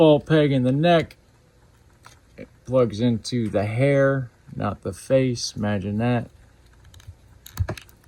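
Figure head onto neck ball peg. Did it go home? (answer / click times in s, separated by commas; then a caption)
yes / 7.5 s, 7.7 s. A plastic action figure's head is pushed onto the ball peg in its neck, with the peg going into the hair piece, while someone talks. After the speech, small sharp snaps are heard as the head clicks into place at about 7.5 and 7.7 seconds, seating it on the peg.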